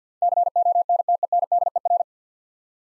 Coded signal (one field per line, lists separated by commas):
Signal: Morse code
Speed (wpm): 50 wpm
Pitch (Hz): 700 Hz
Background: none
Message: CONTENDER